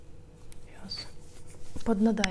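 A side brush is being pressed into the hub of a robot vacuum, with faint handling noises, a brief sharp tick near 0.5 s, and someone talking toward the end. The brush has not seated or clicked yet.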